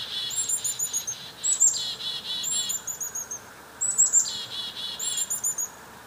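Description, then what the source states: Chickadees giving mobbing calls: high thin notes followed by buzzy, harsh bursts, in repeated bouts, with a steady hiss in the background. Several chickadees mobbing.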